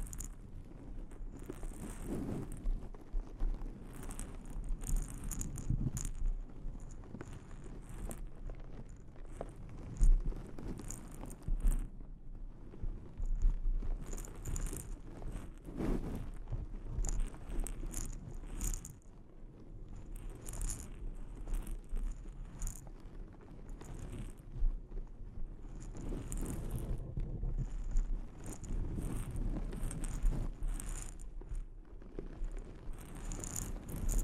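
Delicate mic scratching and tapping runs throughout, a dense rustling texture with soft thumps, brighter crackly scrapes, and a sharp tap near ten seconds.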